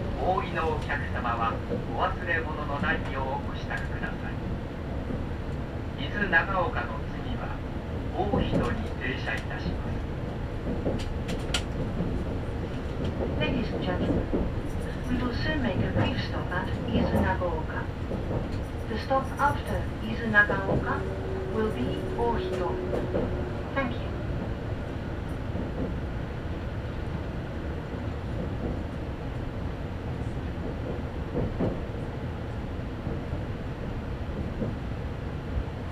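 Aboard the Odoriko limited express on the Izu-Hakone line, a steady low rumble carries on under intermittent talking, rail clicks and a brief whine.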